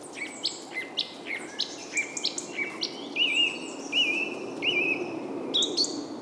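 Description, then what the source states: Bird song: a repeated high whistled note with short wavering trills between, rhythmic and steady, plus scattered sharper chirps over faint hiss. Soundscape.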